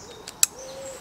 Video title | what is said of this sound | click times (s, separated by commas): Tasmanian Tiger Modular 30 Pack - technical Rucksack | which clicks together as you'd expect, | 0.4 s